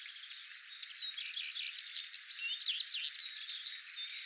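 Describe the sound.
European serin song: one continuous high, fizzy, jingling trill of rapid squeaky notes lasting over three seconds.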